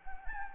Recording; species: mosquito wingbeat signal from an infrared sensor; Anopheles gambiae